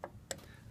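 A cover fastener is pressed down onto the cover of a CB3200 triple-feed arm sewing machine for heavy, thick and hard materials, with its fork guided onto the stud and the cover lined up with the bolt holes. A faint tick comes at 0.0 s, then a sharper, brighter click at 0.3 s as the fastener pops into place. The fastener is seated.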